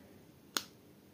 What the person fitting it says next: Hear that click? And that's now in.